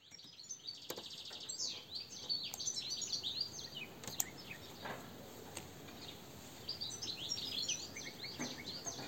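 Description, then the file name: European goldfinch twittering, a run of rapid liquid chirps with a few sharp clicks over steady background hiss. "Carduelis carduelis"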